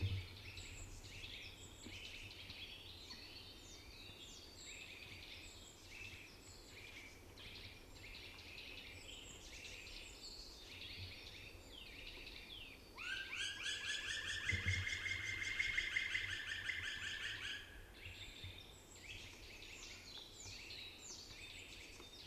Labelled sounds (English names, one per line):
Black Woodpecker call